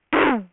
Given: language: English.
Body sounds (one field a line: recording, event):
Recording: throat vibration sensor signal played as sound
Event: throat clearing